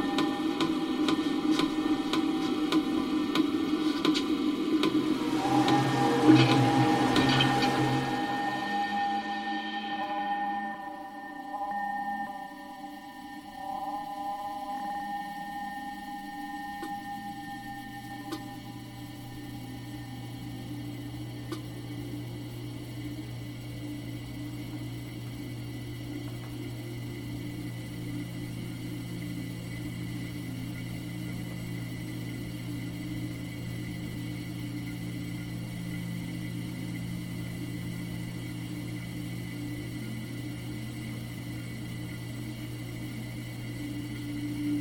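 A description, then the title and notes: A spaceship sleep chamber ambience opens with a dense, hissing wash and a bright swell that peaks around six seconds, then fades by ten. After that a steady low hum and fine airy hiss settle in, with faint tonal chimes drifting until about twenty seconds. The Ambient Spaceship Soundscape.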